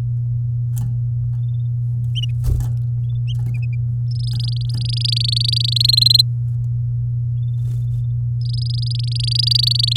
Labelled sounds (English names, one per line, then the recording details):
Domestic Canary song
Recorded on 9 May 2018 at 10:55
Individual llb16